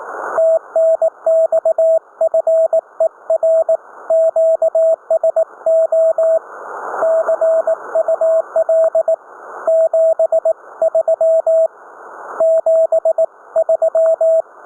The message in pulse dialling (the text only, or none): none